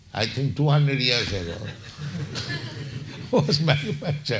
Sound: laughs

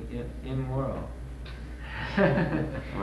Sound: laughter

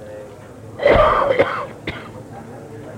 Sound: coughs

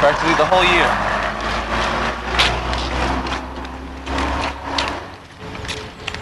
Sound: car screeches as passing

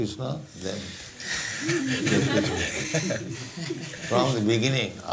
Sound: laughter

